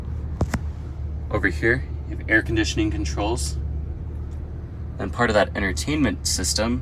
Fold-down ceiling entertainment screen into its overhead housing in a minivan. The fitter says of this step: and it clicks into place.